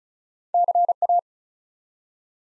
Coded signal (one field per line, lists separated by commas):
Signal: Morse code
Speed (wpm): 36 wpm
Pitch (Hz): 700 Hz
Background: none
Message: CA